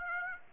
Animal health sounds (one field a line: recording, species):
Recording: mosquito wingbeat signal from an infrared sensor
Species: Aedes aegypti